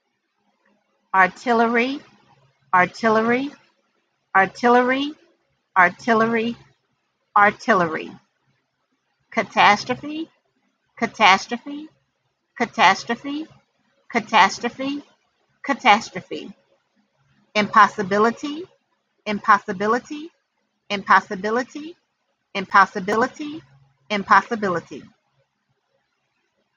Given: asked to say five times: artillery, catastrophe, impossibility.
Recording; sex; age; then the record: three words, each repeated; female; 40 to 49 years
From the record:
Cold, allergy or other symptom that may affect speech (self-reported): no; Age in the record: 48 years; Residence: Louisiana, United States